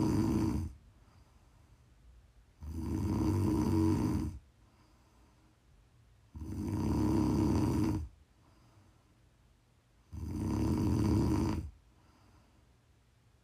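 An adult woman snoring while asleep: regular snores, about 17 per minute, each a loud low-pitched rattling inhalation lasting about a second and a half, separated by quiet pauses.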